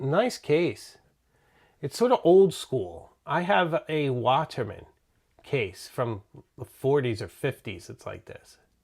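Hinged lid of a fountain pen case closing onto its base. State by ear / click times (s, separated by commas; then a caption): not seated / none. Someone talks while handling an old-school fountain pen case with a hinged lid that closes onto its base, similar to a Waterman case from the 1940s or 50s. Only speech with short pauses is heard. The lid has not snapped shut yet, and nothing has seated or clicked.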